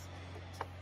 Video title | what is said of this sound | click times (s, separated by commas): 2021 BMW S1000RR and 2020 Ducati V4R battery maintenance - Charging & battery status indicator | click is there done | 0.6 s